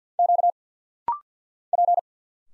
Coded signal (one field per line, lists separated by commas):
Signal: Morse code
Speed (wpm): 47 wpm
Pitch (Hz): 700 Hz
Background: none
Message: Q P